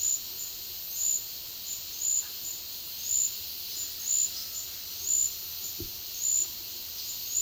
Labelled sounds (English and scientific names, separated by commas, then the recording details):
none
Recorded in dense forest near Puerto Asís, Putumayo, Colombia, on 18 February 2024 at 11:00
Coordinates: 0.496, -76.326
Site G6383